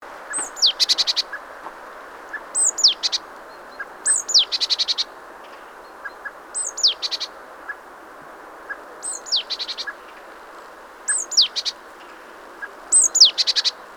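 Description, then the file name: Great tit calls: a thin, high, falling whistle followed by a quick buzzy rattle of four or five notes, repeated at irregular intervals over a soft steady hiss. "Parus major"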